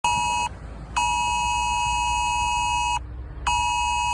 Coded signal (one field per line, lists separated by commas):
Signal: Emergency Alert System (SAME) tones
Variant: 853 and 960 Hz attention tone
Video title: EAS Scenario #22: Invasions Galore, Part 3: Conclusion